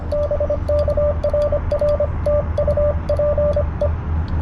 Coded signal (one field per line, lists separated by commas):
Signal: Morse code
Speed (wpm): 26 wpm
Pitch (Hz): 590 Hz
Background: radio noise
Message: BK RR TU PE